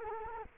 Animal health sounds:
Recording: mosquito wingbeat signal from an infrared sensor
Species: Culex quinquefasciatus

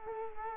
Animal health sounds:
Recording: mosquito wingbeat signal from an infrared sensor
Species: Culex quinquefasciatus

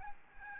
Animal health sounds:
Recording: mosquito wingbeat signal from an infrared sensor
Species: Aedes albopictus

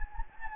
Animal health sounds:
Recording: mosquito wingbeat signal from an infrared sensor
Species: Anopheles gambiae

